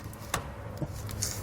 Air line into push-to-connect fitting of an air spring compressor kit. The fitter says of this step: they just kind of snap into place give them a tug to make sure they're not coming off so